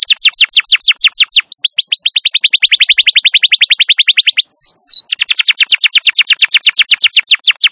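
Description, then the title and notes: Canary singing a fast continuous trill of high descending notes, broken by brief pauses and a pair of slurred whistles before the rapid rolling resumes. Long, energetic canary song used as masteran to lure or train wild canaries. "Pikat Kenari GACOR PANJANG INI Cocok Untuk Masteran KENARI LIAR. Masteran burung kenari gacor parah"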